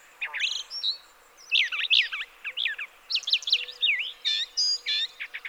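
Brown thrasher singing quick, varied slurred notes and sharp whistles in an almost continuous flow, phrases changing constantly.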